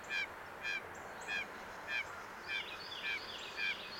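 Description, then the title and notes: Blue Jay scolding: harsh, nasal jay calls repeated about every half second, seven in four seconds, with faint higher chatter behind. At least two agitated Blue Jays mobbing an immature Red-shouldered Hawk in a marsh, scolding; about 9 AM, January 10, 2016; Fostex FR-2, Sennheiser ME 62, Telinga parabola; high-pass filtered. "In west Dyke Marsh, Blue Jays"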